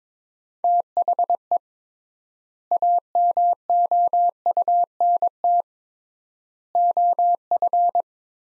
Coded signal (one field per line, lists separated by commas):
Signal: Morse code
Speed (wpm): 22 wpm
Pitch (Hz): 700 Hz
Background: none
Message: THE AMOUNT OF